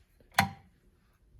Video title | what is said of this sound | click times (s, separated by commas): All the door closers update video | snaps in tough | 0.4 s